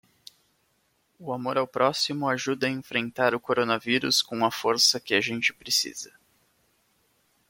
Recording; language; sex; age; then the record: spoken sentence; Brazilian Portuguese; male; 20 to 29 years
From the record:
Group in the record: control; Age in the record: 25 years